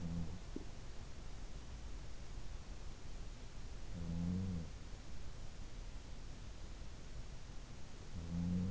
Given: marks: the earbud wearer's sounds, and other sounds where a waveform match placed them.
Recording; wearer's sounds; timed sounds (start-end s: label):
sounds in sleep by an in-ear microphone; teeth grinding
0.00-0.84 s: sound from someone else or the room
0.38-0.84 s: teeth grinding
3.86-4.77 s: sound from someone else or the room